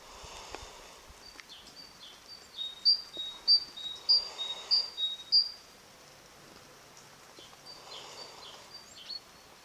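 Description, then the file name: Great tit giving a short series of bright, high, evenly spaced notes amid faint background noise. "Parus major"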